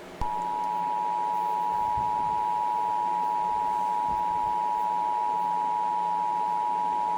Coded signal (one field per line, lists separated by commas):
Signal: Emergency Alert System (SAME) tones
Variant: 853 and 960 Hz attention tone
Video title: Scary EAS scenario